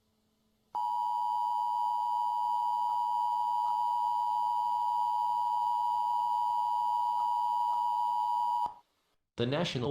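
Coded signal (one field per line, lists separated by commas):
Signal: Emergency Alert System (SAME) tones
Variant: 853 and 960 Hz attention tone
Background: speech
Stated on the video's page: Fictional tornado scenario made as a Scratch project.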